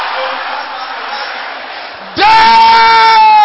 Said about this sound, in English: Sisters, can I hear you shouting it? Those on the gallery, can I hear you? Brothers, can I hear you roaring like thunder? Everybody together now.